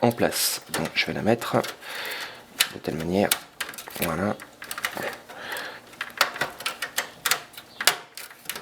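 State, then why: Not seated. A motherboard I/O shield is handled and positioned at the rear opening of a PC case, ready to be pushed in until it clicks into place. Someone talks throughout, with short sharp handling knocks near 6.2, 7.3 and 7.9 seconds. Nothing has seated or clicked yet.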